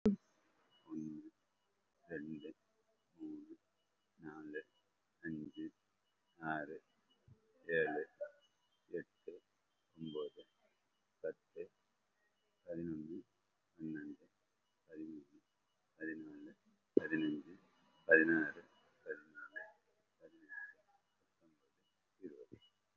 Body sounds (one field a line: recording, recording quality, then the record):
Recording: counting at a normal pace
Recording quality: excellent, no background noise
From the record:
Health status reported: recovered from COVID-19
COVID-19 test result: positive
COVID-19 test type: RT-PCR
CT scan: taken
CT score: 0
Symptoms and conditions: cough, cold, breathing difficulty, fatigue, muscle pain, asthma, chronic lung disease, pneumonia, another respiratory illness, hypertension, another condition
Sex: male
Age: 54 years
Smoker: yes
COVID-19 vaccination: both doses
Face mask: worn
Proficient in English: no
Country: India